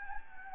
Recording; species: mosquito wingbeat signal from an infrared sensor; Anopheles gambiae